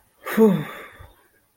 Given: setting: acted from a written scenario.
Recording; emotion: vocal sound without words; serenity